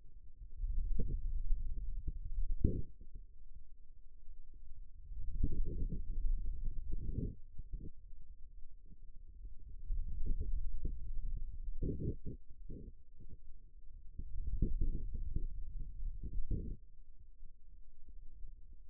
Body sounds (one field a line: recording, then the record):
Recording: forearm muscle sounds (acoustic myography)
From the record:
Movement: finger pinch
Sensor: system 2, bracelet of six BSWA MPA416 microphones around the upper forearm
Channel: 3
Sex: male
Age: 22 years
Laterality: right